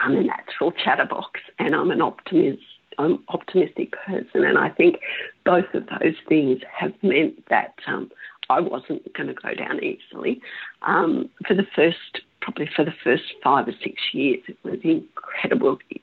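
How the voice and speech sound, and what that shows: Adult woman with spasmodic dysphonia, a rare condition that can make the voice difficult to understand, speaks fluently but with intermittent creaky, strained voicing and brief voice breaks, her voice going in and out a little. She has Botox injected in her larynx.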